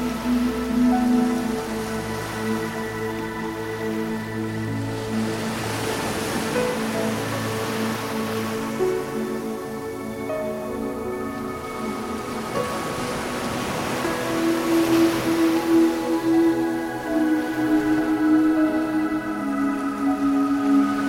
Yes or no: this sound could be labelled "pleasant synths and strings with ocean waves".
yes